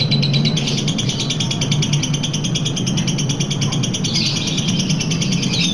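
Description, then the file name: Lovebird trilling: a quick, even series of high squeaky notes that carries on continuously, accompanied by a steady low hum. Long trill, a song style known locally as ngekek panjang. "lovebird-ngekek-panjang-1-omkicau"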